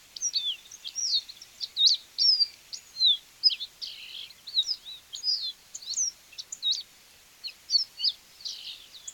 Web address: Sporophila hypochroma - Capuchino castaño